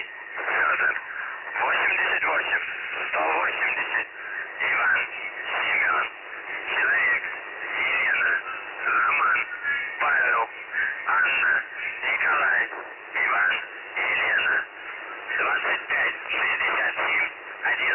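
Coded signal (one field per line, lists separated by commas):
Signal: numbers station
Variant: UVB-76, Russian voice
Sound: a voice reading a message over a narrow, radio-filtered channel, with no buzzing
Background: radio static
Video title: The Buzzer/UVB-76 Voice Message (December 1, 2020 10:57 UTC)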